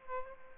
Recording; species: mosquito wingbeat signal from an infrared sensor; Aedes aegypti